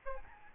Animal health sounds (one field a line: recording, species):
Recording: mosquito wingbeat signal from an infrared sensor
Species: Aedes albopictus